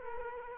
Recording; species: mosquito wingbeat signal from an infrared sensor; Culex quinquefasciatus